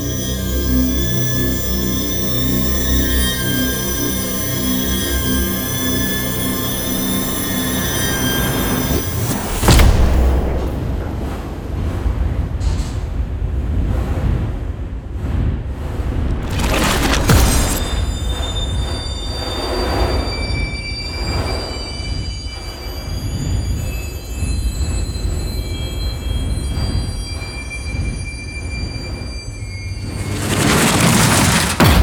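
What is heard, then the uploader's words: A dense synthetic texture of stacked ringing tones and low rumble fills the first nine seconds, then a sharp impact near 9.5 s breaks it into a rougher, rattling drone. Further hits land around 17 and 31 seconds over the steady, mechanical-sounding rumble. Movie Trailer Sound Effects. Ambiences, sound effects, impacts, synth textures and transitions.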